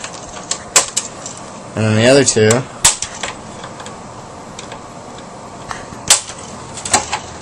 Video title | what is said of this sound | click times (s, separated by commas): How To Fix "3 Red Rings of Death" for Xbox360 | and you'll hear it click, click, click, click, | 0.0 s, 0.5 s, 0.8 s, 1.0 s